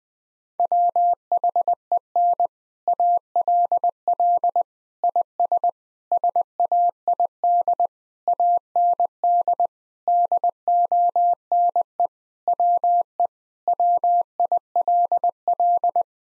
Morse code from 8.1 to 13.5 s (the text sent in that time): AND DONE WE